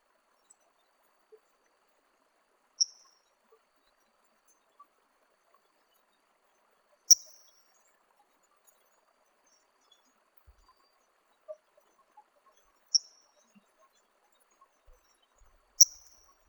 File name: Espadarana andina